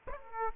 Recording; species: mosquito wingbeat signal from an infrared sensor; Aedes aegypti